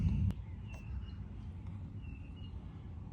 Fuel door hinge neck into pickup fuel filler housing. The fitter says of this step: All right, guys, it literally pops right in, literally.